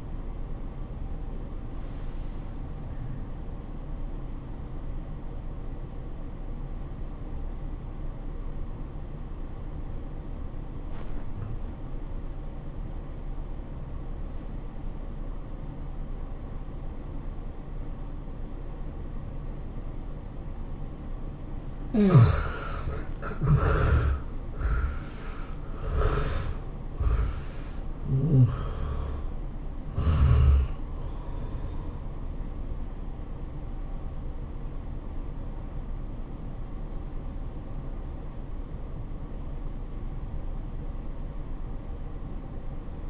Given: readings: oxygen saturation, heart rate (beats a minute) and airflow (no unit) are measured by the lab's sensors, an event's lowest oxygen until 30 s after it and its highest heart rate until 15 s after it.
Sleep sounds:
breathing in sleep by a smartphone at the bedside; 1
4.00-34.00 s: new sleep stage, N1 (lightest sleep)
7.00-23.20 s: obstructive apnea (N1, oxygen 87% highest, then 75% lowest, heart rate 105 at the start, 109 highest)
34.00-43.10 s: new sleep stage, N2 (light sleep)
From the record:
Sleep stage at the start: N2 (light sleep); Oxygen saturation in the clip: 68 to 90%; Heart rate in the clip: 84 to 109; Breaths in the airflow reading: 4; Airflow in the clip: -18.4 to 17.1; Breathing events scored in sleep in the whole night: 403 in 5.5 hours asleep

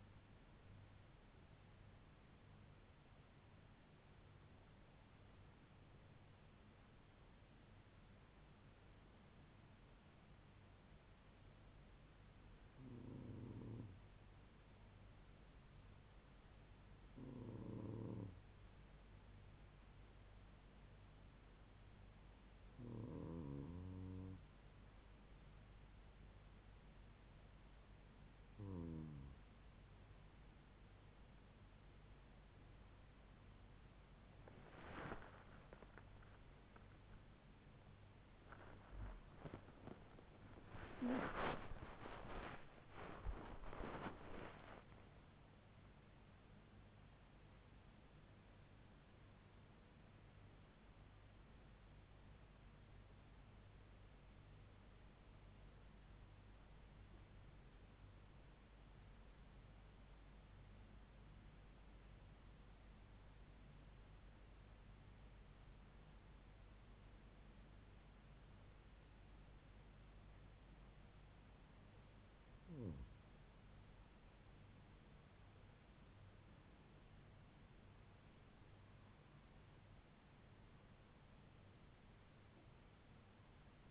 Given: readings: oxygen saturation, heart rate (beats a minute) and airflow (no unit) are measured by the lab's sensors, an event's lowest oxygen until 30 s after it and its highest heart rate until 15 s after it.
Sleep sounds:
breathing in sleep by a voice recorder at the bedside; 2
4.00-35.10 s: hypopnea (N2, oxygen 97% highest, then 95% lowest, heart rate 74 at the start, 93 highest)
38.00-68.00 s: new sleep stage, N1 (lightest sleep)
55.00-72.60 s: hypopnea (N1, oxygen 99% highest, then 95% lowest, heart rate 84 at the start, 84 highest)
68.00-83.91 s: new sleep stage, N2 (light sleep)
From the record:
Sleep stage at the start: N2 (light sleep); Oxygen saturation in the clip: 95 to 99%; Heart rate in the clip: 70 to 93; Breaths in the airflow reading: 15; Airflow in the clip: -9.6 to 9.2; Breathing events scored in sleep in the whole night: 158 in 7.3 hours asleep

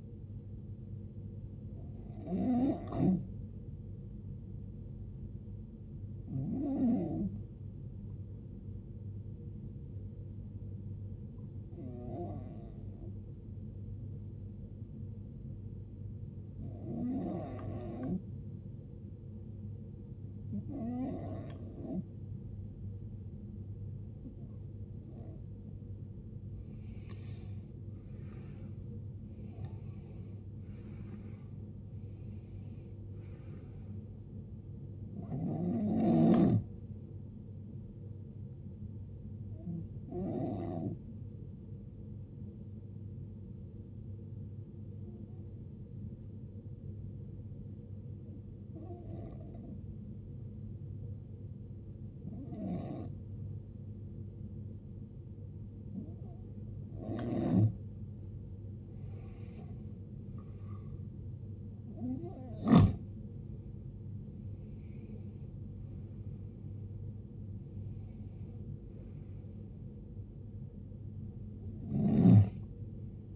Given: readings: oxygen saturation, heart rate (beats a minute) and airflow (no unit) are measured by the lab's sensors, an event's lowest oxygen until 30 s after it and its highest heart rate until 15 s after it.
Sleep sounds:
breathing in sleep by a smartphone at the bedside; 2
4.00-29.00 s: hypopnea (N1, oxygen 94% highest, then 87% lowest, heart rate 62 at the start, 79 highest)
12.00-72.00 s: new sleep stage, N2 (light sleep)
42.00-60.80 s: hypopnea (N2, oxygen 94% highest, then 88% lowest, heart rate 63 at the start, 79 highest)
72.00-73.36 s: new sleep stage, N1 (lightest sleep)
From the record:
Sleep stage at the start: N1 (lightest sleep); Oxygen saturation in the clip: 82 to 94%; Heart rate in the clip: 54 to 79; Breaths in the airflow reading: 16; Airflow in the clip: -17.1 to 19.2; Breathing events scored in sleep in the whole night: 389 in 6.3 hours asleep

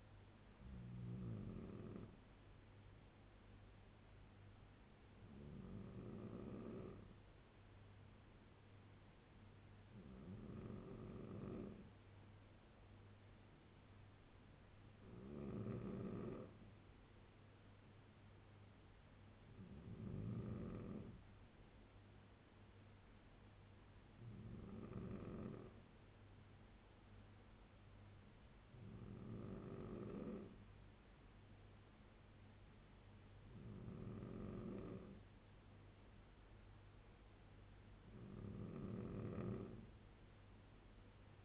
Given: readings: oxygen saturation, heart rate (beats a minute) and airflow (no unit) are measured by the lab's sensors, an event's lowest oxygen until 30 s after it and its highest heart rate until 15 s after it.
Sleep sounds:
breathing in sleep by a voice recorder at the bedside; none
none scored
From the record:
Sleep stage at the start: N3 (deep sleep); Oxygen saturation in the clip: 94 to 96%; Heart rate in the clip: 67 to 77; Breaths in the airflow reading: 9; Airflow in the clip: -2.9 to 4.1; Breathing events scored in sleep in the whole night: 201 in 6.5 hours asleep

